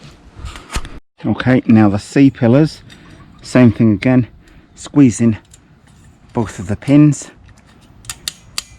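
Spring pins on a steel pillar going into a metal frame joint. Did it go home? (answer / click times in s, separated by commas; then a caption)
yes / 8.3 s, 8.6 s. Someone talks while squeezing both spring-loaded pins on a steel chicken-run pillar and pushing it into the metal frame joint. Sharp metallic clicks are heard at about 8.3 s and 8.6 s as the pins snap through the holes, and the pillar is seated.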